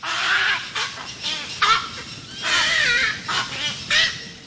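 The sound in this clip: Cattle egret calls, a series of hoarse, croaking notes in bursts, repeated irregularly over a few seconds.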